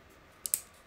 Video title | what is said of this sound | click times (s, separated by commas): Light Mod for GoPro Hero 9 and 8 Demonstration | and snaps back in there yeah real nice real nice | 0.5 s